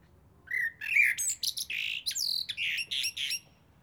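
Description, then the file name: Eurasian blackbird song phrase: low fluted warbling notes near the start, then a rush of higher squeaky twittered notes before it stops. "Turdus merula"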